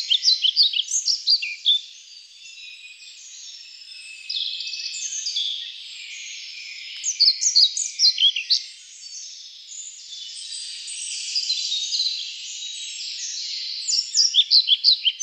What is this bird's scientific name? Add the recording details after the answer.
Ficedula hypoleuca. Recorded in the wild. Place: Waltershofen / Freiburg im Breisgau, Baden-Württemberg, DE. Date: 1999-05-24. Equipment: MiniDisc Sony MZ-R35, Telinga DAT, Telinga-Parabolspiegel. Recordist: Schwarz, Dieter